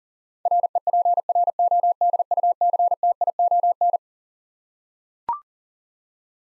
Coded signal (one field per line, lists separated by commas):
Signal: Morse code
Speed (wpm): 37 wpm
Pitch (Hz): 700 Hz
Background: none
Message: REPRODUCTION